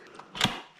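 The front wheel of an UPPAbaby Ridge three-wheel pushchair is pushed onto the frame's front fork. After a faint tick at 0.2 s, a sharp click at 0.4 s rings out briefly and fades. The wheel pops into place and is seated.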